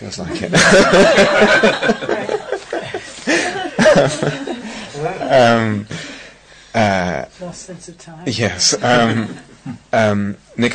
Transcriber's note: laughter